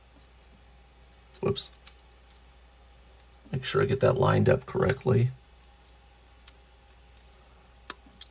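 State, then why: Seated. A slotted plastic piece is re-aligned onto the forearm pegs of a snap-together figure and slid down while someone talks. Small clicks and handling sounds are followed by a loud, sharp snap at 7.9 s as the forearm part seats on its pegs.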